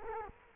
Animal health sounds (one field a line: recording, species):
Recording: mosquito wingbeat signal from an infrared sensor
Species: Culex quinquefasciatus